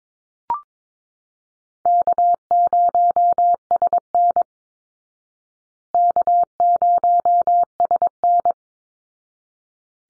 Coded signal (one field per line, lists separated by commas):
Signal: Morse code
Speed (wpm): 22 wpm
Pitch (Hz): 700 Hz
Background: none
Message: K0SN K0SN